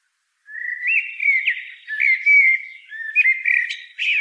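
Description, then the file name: Common blackbird song: a continuous run of low, mellow fluted warbles that wander up and down, broken by brief high squeaky notes toward the end. "Turdus merula"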